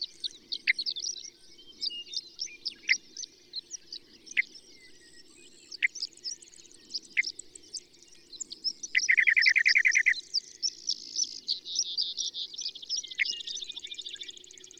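Bird song: varied high twittering and sharp downslurred notes throughout, with a loud, quick trill about two-thirds of the way through and dense chatter afterwards.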